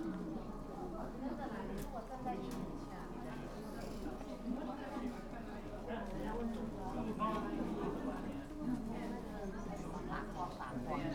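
A stretch of wandering in Kanazawa fills with the steady murmur of many people talking at once, with overlapping voices and no single speaker standing out. The chatter holds an even level throughout, with occasional brief clicks and knocks over the crowd.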